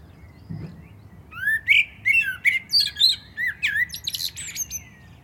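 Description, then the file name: Common blackbird pouring out a rapid series of fluty, wavering whistles that rise into a chattering, high-pitched twittering finale. "Turdus merula"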